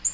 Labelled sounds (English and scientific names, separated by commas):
Black-throated Green Warbler (Setophaga virens) flight call